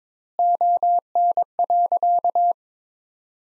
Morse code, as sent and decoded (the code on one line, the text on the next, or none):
--- -. .-.-.-
ON.